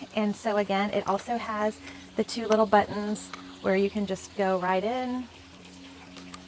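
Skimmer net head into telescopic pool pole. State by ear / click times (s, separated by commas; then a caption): seated / 6.3 s. Someone talks while the plastic neck of a shallow skimmer net head is pushed into an aluminium telescopic pool pole. A short click sounds at 6.3 s as the net's two spring buttons pop out through the pole's holes, and the net head locks into place on the pole.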